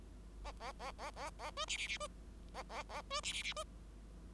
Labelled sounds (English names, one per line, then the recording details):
Bengalese Finch song
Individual Bird5